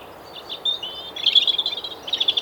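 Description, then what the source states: European robin song, a quick run of high thin warbled phrases with trills. Recent recording of a bright, almost brash robin singing in the foreground, in a clearing in woods on a windy day.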